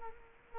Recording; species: mosquito wingbeat signal from an infrared sensor; Culex quinquefasciatus